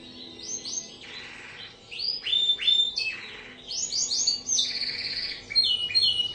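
Bird song: a varied, rapid run of high chirps and slurred whistles, with buzzy rasping notes mixed in.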